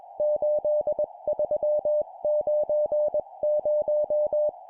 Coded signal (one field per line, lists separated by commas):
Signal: Morse code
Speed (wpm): 20 wpm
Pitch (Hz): 600 Hz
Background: music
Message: 8390